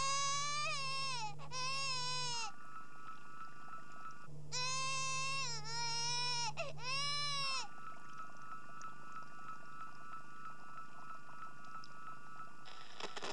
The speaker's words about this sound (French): Dans la crèche de l'hôpital, le bébé Sangoku se réveille en pleurant.